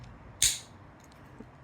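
A metal quick-release steering wheel is pushed onto the steering shaft hub of a go-kart. A sharp, bright click at 0.4 seconds is followed by a short fading ring, with low background noise afterward. On this second push, the quick-disconnect seats and locks onto the hub.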